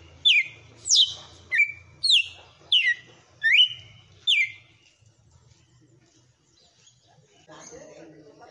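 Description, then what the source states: Red-cowled cardinal song: seven sharp downslurred whistles in quick succession over four seconds, then quiet apart from a faint sound near the end. Female bird.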